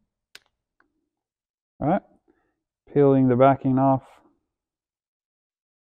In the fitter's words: so we can push the sensor in you're going to hear it click when it goes in